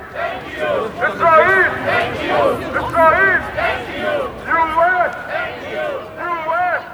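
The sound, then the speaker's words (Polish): Iranian demonstrators in Warsaw chant together in a loud, rhythmic call, repeating short shouted phrases in unison over a steady wash of crowd noise. “Tego samego dnia po południu Irańczycy demonstrują w Warszawie.”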